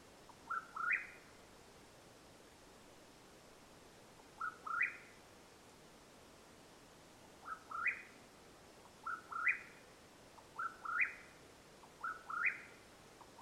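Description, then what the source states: Mexican whip-poor-will calling repeatedly, clipped whistled phrases that step upward and end burry, spaced unevenly, with calm quiet between them. Mexican Whip-poor-will call at nightfall, Madera Canyon, Arizona, USA, 21 April 2022.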